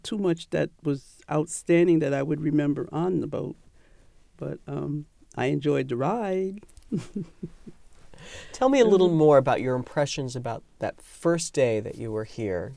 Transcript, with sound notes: too much that was outstanding that I would remember on the boat. But I enjoyed the ride. (laughs)
Tell me a little more about your impressions about that first day that you were here.